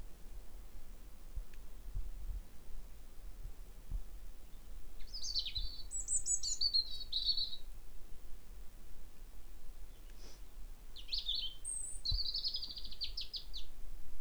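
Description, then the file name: European robin delivering two spaced bursts of high, tumbling, warbled notes with a long pause between them, over a faint low hum and a few soft clicks. "Erithacus rubecula"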